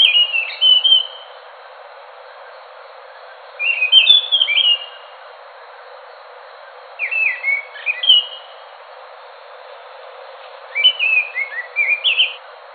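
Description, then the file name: Scaly thrush song: four separate phrases of sweet, tumbling whistles, with pauses of a few seconds between them. "anis macan. omkicau"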